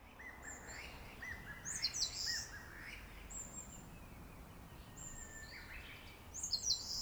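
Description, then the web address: Eastern Crowned Warbler singing high, buzzy phrases twice, with thin high whistles and lower chirping notes between them, over constant low rumble. Recorded 8 May 2008 at Nagaike, Sendai. "nagaike 080508 sendaimusikui"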